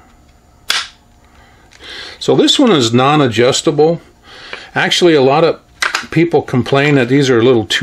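A pistol is pushed into a polymer paddle holster, which opens at the trigger guard and snaps around it with a sharp, loud click at 0.7 s. The pistol is seated with the holster's retention locked around the trigger guard, and someone then talks.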